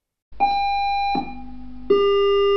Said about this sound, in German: Alarm! Alarm!